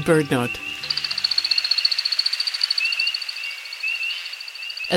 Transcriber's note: Display sounds of an American Woodcock